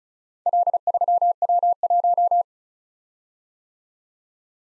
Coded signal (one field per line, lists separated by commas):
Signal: Morse code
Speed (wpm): 36 wpm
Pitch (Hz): 700 Hz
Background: none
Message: L3W1